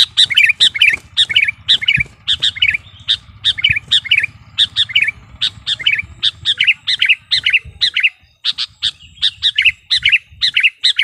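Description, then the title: Sooty-headed bulbul song: repeated bursts of liquid, slurred chirps in quick rhythm, with a low hum beneath for most. "kutilang"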